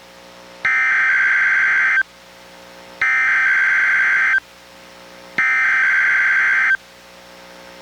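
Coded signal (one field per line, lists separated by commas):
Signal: Emergency Alert System (SAME) tones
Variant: header bursts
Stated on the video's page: NOAA Weather Radio required weekly test from the Astoria station, received on a Reecom R-1630 weather radio and recorded through a Zoom H1 recorder.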